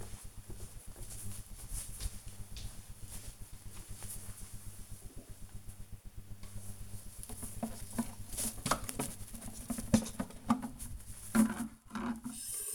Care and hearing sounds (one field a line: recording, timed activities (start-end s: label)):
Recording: household activities, microphone on the right wrist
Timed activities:
6.10-12.74 s: washing hands